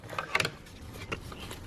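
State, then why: Not seated. An electrical connector with a plastic locking tab is handled as it is reattached to a vehicle engine component, producing a cluster of short, sharp plastic taps and rattles around 0.2–0.45 s and another at 1.1 s over a low background hum. The connector is not yet home: nothing has seated or clicked into place.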